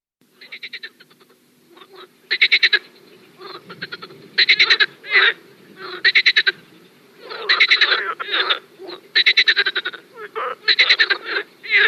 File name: Skokan skrehotavy